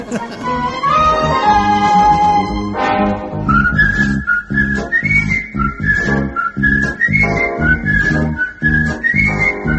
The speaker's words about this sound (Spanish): Tú silbas esta, tío. Seguro.